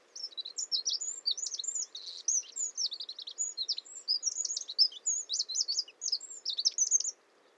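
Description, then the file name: Eurasian wren singing a fast, unbroken stream of very high, sharp trilled notes and rattles lasting about seven seconds, with a faint low background hum. "Troglodytes troglodytes"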